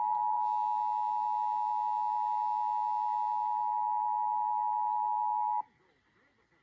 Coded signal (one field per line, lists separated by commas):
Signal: Emergency Alert System (SAME) tones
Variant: 853 and 960 Hz attention tone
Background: speech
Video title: Albany, NY Required Monthly Test (4/4/23)